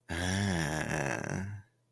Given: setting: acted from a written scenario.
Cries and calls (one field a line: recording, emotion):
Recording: vocal sound without words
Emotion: desire